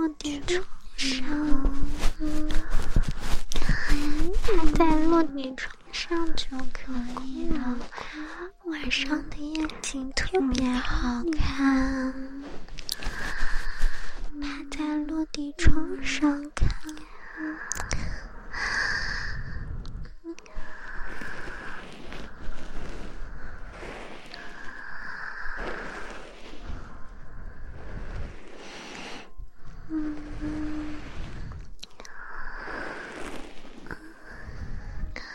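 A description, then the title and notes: Ear-cleaning sounds of dense scratching and rustling, with soft spoken words and whispers weaving through, busier in the first half. Ear cleaning & relaxing triggers.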